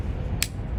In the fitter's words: Yep, you hear that? There it clicked. We're good to go.